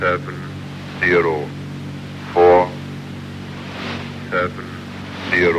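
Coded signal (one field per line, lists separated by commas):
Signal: numbers station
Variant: English Man, English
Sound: a male voice reads single digits at slow, even intervals over a droning hum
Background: radio hum and static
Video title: The Conet Project 217 - English Man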